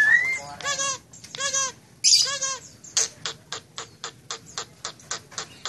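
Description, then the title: Nias hill myna calls: a rising whistle, then three harsh, buzzy squawks, followed by a quick series of dry clicking notes. Loud, actively singing bird; recording intended as a model for training other songbirds (masteran). "Burung Jalak Nias Gacor Suara Super Gledek Untuk Masteran"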